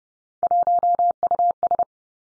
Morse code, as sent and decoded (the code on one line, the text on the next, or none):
.---- ..- ...
1US